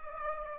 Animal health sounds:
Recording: mosquito wingbeat signal from an infrared sensor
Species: Aedes aegypti

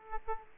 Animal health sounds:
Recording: mosquito wingbeat signal from an infrared sensor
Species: Aedes aegypti

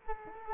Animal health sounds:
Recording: mosquito wingbeat signal from an infrared sensor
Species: Culex quinquefasciatus

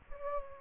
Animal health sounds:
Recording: mosquito wingbeat signal from an infrared sensor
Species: Culex quinquefasciatus

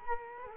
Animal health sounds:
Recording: mosquito wingbeat signal from an infrared sensor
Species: Culex quinquefasciatus

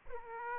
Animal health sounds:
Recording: mosquito wingbeat signal from an infrared sensor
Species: Aedes aegypti

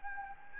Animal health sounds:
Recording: mosquito wingbeat signal from an infrared sensor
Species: Anopheles gambiae

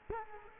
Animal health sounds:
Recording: mosquito wingbeat signal from an infrared sensor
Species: Culex quinquefasciatus

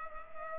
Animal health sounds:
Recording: mosquito wingbeat signal from an infrared sensor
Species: Culex pipiens

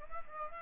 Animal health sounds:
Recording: mosquito wingbeat signal from an infrared sensor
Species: Aedes aegypti

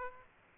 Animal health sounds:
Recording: mosquito wingbeat signal from an infrared sensor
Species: Aedes aegypti

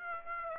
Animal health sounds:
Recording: mosquito wingbeat signal from an infrared sensor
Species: Aedes aegypti

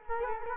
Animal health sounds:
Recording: mosquito wingbeat signal from an infrared sensor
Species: Culex quinquefasciatus

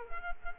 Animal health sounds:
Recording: mosquito wingbeat signal from an infrared sensor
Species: Culex quinquefasciatus

